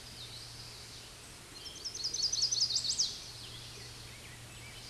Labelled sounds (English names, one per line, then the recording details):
Chestnut-sided Warbler song
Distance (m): 60 m
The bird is about 25 m above the microphone
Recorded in a Pennsylvania forest on 16 May 2024 at 09:23
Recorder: AudioMoth, point MSD-1338
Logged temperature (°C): 12.6 °C
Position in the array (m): 67 m, 62 m